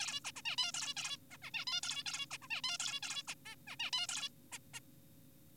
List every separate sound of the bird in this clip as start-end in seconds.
0.00-0.20, 0.25-0.32, 0.36-0.42, 0.46-0.56, 0.58-0.72, 0.74-0.94, 0.97-1.17, 1.31-1.38, 1.42-1.51, 1.54-1.65, 1.67-1.81, 1.83-2.04, 2.06-2.26, 2.31-2.38, 2.42-2.48, 2.51-2.62, 2.64-2.77, 2.80-3.00, 3.03-3.23, 3.28-3.34, 3.46-3.56, 3.67-3.76, 3.79-3.91, 3.93-4.07, 4.09-4.29, 4.52-4.59, 4.74-4.80